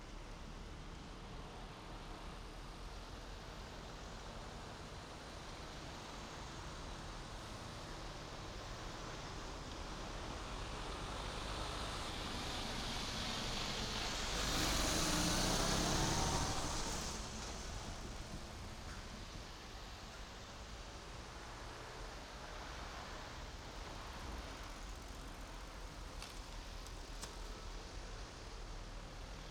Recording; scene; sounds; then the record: everyday scene through a hearing-aid microphone; in traffic; traffic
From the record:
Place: main road on the outskirts, rush hour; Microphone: in the ear canal, right